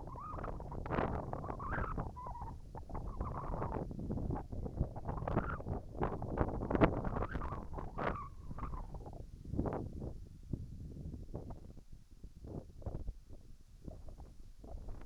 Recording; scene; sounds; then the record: everyday scene through a hearing-aid microphone; wind on the microphone; wind, whistling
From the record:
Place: in front of a rural house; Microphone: behind the ear, right, rear